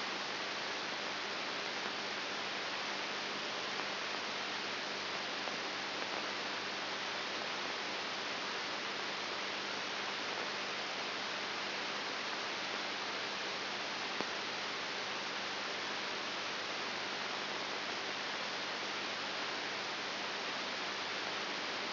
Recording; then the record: brain microelectrode recording played as sound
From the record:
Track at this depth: outside the subthalamic nucleus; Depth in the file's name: 7.1 mm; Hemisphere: left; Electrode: 3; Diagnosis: Parkinson's disease